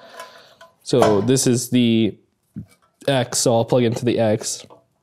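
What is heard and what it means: Someone talks while handling the X-axis stepper motor cable connector beside its socket on the control box of a 48" x 30" LongMill MK2 CNC, with faint handling ticks at about 0.6 s and 2.6 s. The plug has not seated or clicked yet; it has to be pushed in quite hard to lock, since a loose connection can short or build high resistance and burn out the plug.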